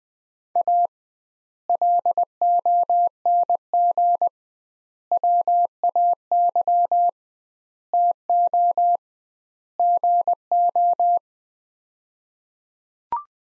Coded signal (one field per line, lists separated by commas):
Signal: Morse code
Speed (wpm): 20 wpm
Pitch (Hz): 700 Hz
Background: none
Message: A LONG WAY TO GO